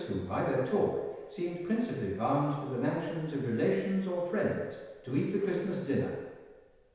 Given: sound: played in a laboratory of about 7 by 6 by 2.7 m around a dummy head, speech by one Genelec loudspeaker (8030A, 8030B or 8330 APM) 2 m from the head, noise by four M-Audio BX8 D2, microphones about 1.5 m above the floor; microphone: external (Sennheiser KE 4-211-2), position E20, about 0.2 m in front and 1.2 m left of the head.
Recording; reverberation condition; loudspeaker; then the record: male speech in English; high; behind (180 degrees)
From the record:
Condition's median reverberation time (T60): about 1300 ms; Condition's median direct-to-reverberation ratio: about -4.0 dB